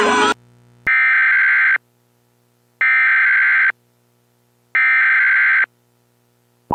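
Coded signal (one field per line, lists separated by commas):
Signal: Emergency Alert System (SAME) tones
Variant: header bursts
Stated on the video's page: Fake, self-made EAS tornado warning.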